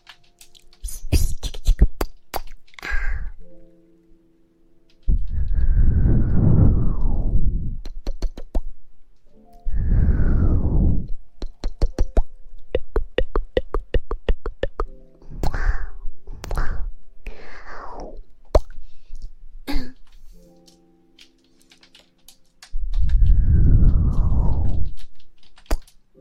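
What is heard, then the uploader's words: Close, soft kissing clicks and smacks in the ear, broken by three long, rumbling breaths blown straight into the microphone at irregular intervals. ASMR Blowing in the ear, kissing in the ear.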